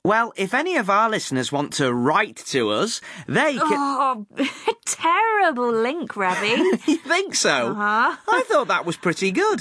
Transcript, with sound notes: Well, if any of our listeners want to write to us, they….
Gah, terrible link 
{laughs} You think so? I thought that was pretty good.